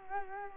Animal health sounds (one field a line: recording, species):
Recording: mosquito wingbeat signal from an infrared sensor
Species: Culex quinquefasciatus